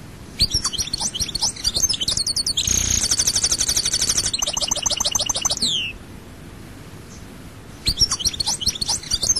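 European goldfinch song: fast tinkling twitters, then a dense rapid trill and a rattling phrase ending in a falling slur, a pause, and renewed twittering.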